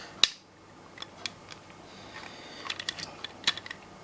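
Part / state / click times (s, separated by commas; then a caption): plastic foot piece into combining robot toy / not seated / none. A plastic foot piece for a combining toy zord robot is handled and pushed against the robot, producing sharp plastic taps and clacks near 0.2, 1.3, 2.7 and 3.5 seconds over a quiet background. The part has not seated or clicked into place yet.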